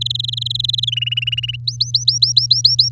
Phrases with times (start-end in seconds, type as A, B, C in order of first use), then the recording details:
0.01-0.85 A, 0.87-1.56 B, 1.67-2.89 C. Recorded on 8 May 2018 at 15:28. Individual llb16